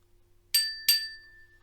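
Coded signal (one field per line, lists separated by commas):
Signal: bell signal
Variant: railway signal box bell code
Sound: two quick bright bell dings, a third of a second apart, ringing out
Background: faint low hum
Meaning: Two bells: train entering section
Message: 2 strikes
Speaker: Two Bells and he responds to acknowledge that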